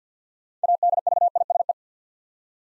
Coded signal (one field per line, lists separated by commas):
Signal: Morse code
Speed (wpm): 47 wpm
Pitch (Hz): 700 Hz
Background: none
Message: ADVISE